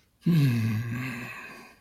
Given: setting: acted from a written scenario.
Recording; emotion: vocal sound without words; contempt